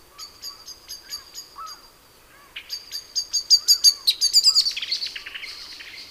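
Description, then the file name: Common blackbird, rapid series of high, thin ticking notes, a first run then a faster, louder accelerating burst that fades out. "Turdus merula"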